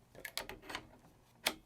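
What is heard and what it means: A field monitor's quick-mount plate on its underside is pushed into the quick-release mount on the cold shoe of a Canon C50 camera; the monitor appears to be an Atomos. A few short clicks and rattles sound between about 0.2 and 0.8 s as the plate is lined up. A sharp snap at 1.5 s marks the monitor seating firmly in the mount.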